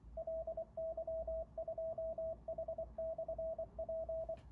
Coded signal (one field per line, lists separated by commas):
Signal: Morse code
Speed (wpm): 23 wpm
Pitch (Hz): 650 Hz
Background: radio noise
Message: LY2H/P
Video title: MiNiPA50 HF PA with Icom IC-705: compatibility, real power output, temperature test, heatsink mod.